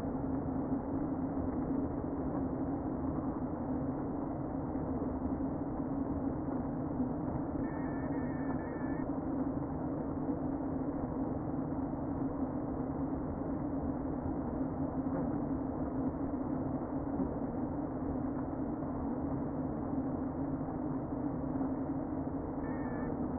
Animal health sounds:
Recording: honeybee colony, microphone inside the hive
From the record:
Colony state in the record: queen present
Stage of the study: before two queens were removed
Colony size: about 60,000 bees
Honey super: yes

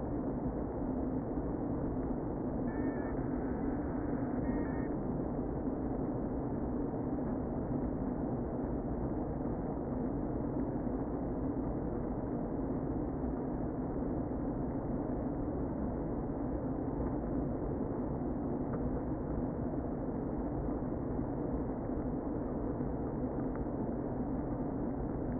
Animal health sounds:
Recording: honeybee colony, microphone inside the hive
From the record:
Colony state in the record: queen present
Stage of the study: before two queens were removed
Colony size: about 60,000 bees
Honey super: yes

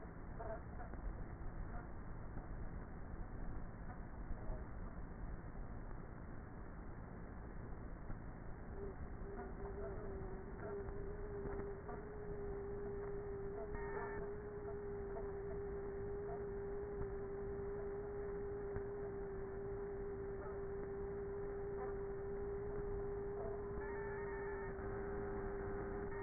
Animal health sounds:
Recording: honeybee colony, microphone inside the hive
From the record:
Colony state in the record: queenless with a low population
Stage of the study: before two queens were removed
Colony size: about 30,000 bees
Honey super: no

